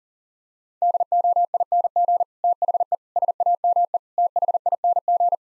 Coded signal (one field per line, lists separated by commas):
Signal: Morse code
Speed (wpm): 40 wpm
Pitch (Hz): 700 Hz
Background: none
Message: DOING THE SAME THING